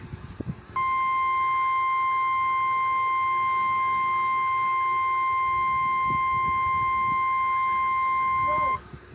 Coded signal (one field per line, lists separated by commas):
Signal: Emergency Alert System (SAME) tones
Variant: 1050 Hz attention tone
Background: speech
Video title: EAS Scenario #6: Troublesome Hawaii